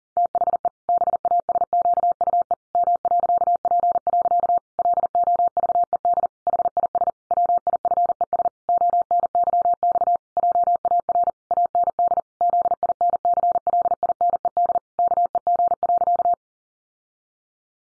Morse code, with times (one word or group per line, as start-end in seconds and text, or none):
0.2-0.7 THE
0.9-2.5 BASQUE
2.7-4.6 M.P.
4.8-6.3 LOVED
6.5-7.1 HIS
7.3-8.5 WIFES
8.7-10.2 ONYX
10.4-11.3 JAR
11.5-12.2 AND
12.4-14.8 ZINCLINED
15.0-16.3 KEG.